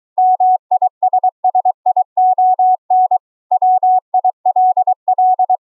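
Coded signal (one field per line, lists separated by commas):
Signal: Morse code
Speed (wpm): 23 wpm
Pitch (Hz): 740 Hz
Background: none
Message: MISSION WILL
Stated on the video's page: Live CW contact among four operators, sent over the internet through a Discord voice chat server.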